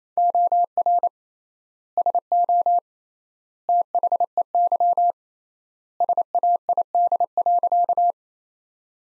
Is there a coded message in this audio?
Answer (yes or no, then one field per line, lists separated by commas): yes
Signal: Morse code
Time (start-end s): 0.2-8.1 s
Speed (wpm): 27 wpm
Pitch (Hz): 700 Hz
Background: none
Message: OR SO THEY SAID.